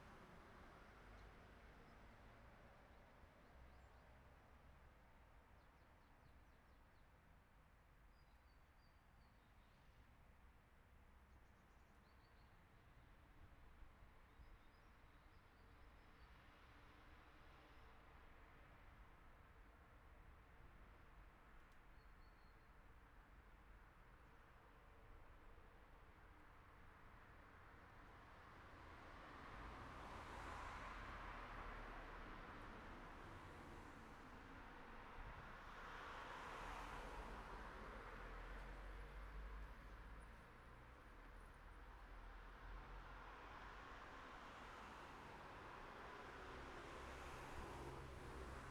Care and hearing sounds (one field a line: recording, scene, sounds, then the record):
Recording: everyday scene through a hearing-aid microphone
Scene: in traffic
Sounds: traffic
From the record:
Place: city secondary road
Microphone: behind the ear, right, rear